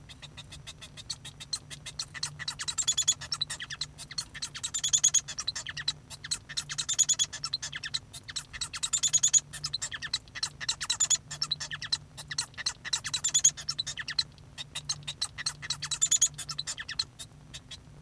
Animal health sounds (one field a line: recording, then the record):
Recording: song of a male Bengalese finch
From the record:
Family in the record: son of father 1